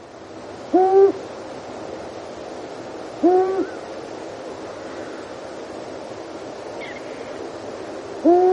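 Long-eared owl with three low, drawn hoots, the second about two and a half seconds after the first and the third about five seconds later, a faint higher bird call heard once near the end.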